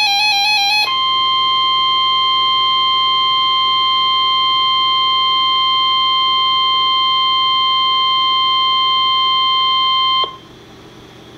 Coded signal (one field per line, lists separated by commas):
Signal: Emergency Alert System (SAME) tones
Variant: 1050 Hz attention tone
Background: music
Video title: Severe T-Storm Warning [EAS #260] 5/14/14